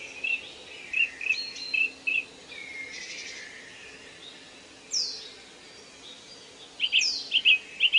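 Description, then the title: Bird song: clusters of sharp, high chirps in quick bursts, broken by a couple of loud sweeping whistles, over a soft background hiss. Birds singing in a forest, presented as soothing nature sleep sounds. "Forest and Nature Sleep Sounds - Soothing Birds Singing"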